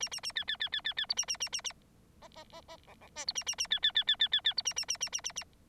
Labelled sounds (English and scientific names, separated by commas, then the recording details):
Bengalese Finch (Lonchura striata domestica) song
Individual Bird9